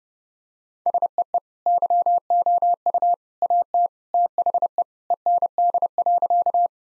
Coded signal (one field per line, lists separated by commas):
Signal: Morse code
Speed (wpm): 30 wpm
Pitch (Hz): 700 Hz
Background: none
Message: SEE YOU AT THE END.